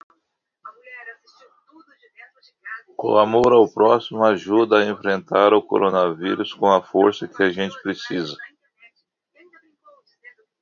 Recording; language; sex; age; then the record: spoken sentence; Brazilian Portuguese; male; 50 to 59 years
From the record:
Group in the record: control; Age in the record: 58 years